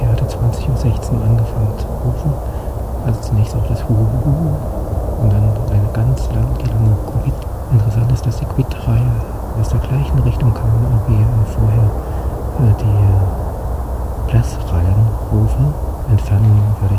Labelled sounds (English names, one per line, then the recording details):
Tawny Owl
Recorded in the wild
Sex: pair
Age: adult
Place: Altsorgefeld, NSG Rochauer Heide, Brandenburg, DE
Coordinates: 51.7842, 13.555
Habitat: wood
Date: 2007-03-08 20:22
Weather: bedeckt, 7-8 °C, schwacher Wind
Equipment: Sound Devices 702, Sennheiser MKH 70, Windkorb
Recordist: Frommolt, Karl-Heinz